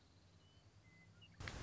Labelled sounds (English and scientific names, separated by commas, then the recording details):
Western Meadowlark (Sturnella neglecta)
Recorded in Sonoma County, California